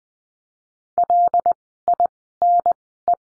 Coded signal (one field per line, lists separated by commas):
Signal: Morse code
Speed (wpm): 20 wpm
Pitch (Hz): 700 Hz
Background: none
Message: L I N E